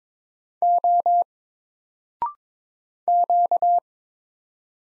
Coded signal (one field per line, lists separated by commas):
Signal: Morse code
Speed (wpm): 22 wpm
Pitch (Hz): 700 Hz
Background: none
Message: O Q